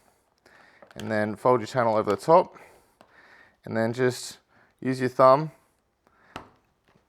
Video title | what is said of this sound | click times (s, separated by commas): Introducing the Multi Flex Channel: NFT, RGGS and More... | push the rivet into place, and it will just hold in place, snap into place like so. | 6.4 s